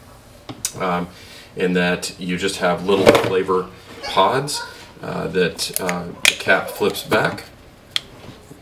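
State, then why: Seated. Someone talks while a part of a Ninja Thirsti seltzer maker, which takes flavor pods in a tray, is pushed into place after its cap flips back. A single sharp click at 8.0 s is heard as the part seats and locks in. The click is less pronounced than often described.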